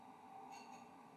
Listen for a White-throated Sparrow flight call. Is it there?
no